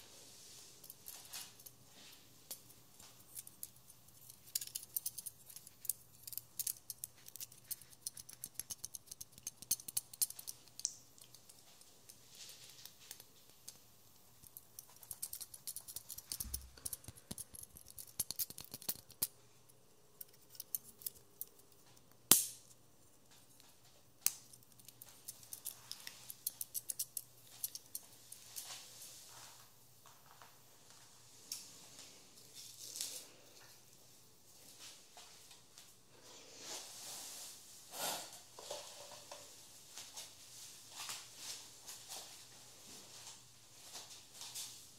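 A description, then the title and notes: A haircut with no talking: scissors snip in quick, irregular bursts of crisp, bright clicks, with short pauses between runs. A low steady hum sits underneath throughout, and a sharper snap stands out around 22 seconds. Haircut Real Hair and No Talking.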